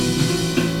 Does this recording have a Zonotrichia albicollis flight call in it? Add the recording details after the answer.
no. No flight call is heard. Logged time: 01:53 on 4 September 2014